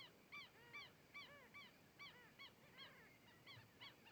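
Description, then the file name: Herons calling: a regular series of harsh, arched honks, about two per second, over faint background noise. Herons approaching, passing in front of the microphone and moving away. "Garcas se aproximando, passando em frente ao microfone e saindo"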